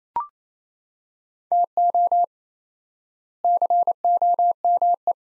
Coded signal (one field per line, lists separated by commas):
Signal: Morse code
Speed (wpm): 27 wpm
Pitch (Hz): 700 Hz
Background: none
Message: TO COME